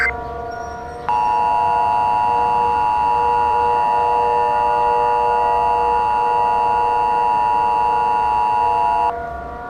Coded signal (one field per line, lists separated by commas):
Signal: Emergency Alert System (SAME) tones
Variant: 853 and 960 Hz attention tone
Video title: EAS SCENARIO: Life After Giants. (Credit to @KingDX21 for making LAG)